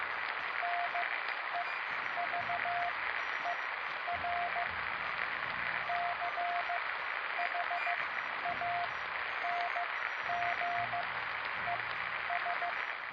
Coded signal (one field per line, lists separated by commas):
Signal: Morse code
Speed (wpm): 15 wpm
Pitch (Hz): 700 Hz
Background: radio noise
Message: NEVER CHANGES